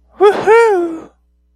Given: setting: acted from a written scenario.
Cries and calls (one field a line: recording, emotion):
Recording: vocal sound without words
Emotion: elation